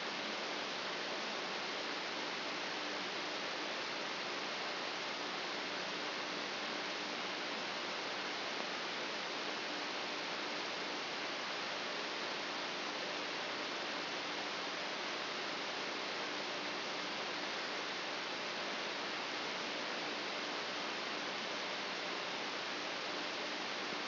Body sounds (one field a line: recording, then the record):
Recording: brain microelectrode recording played as sound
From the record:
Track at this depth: inside the subthalamic nucleus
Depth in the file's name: 0.628 mm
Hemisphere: left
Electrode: 3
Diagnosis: Parkinson's disease